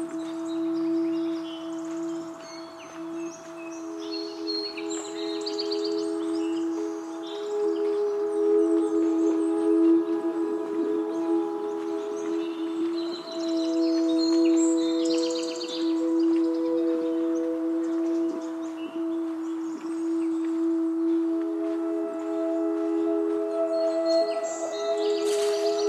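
At Oaks Bottom along the Willamette River, birds chirp and twitter throughout over a steady, low droning hum that never lets up.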